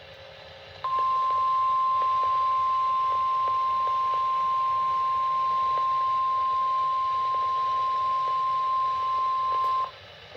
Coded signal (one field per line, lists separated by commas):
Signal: Emergency Alert System (SAME) tones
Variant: 1050 Hz attention tone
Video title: 6/9/25 Severe Thunderstorm Warning for Colorado, Austin, Waller, and Fort Bend Counties (EAS #1)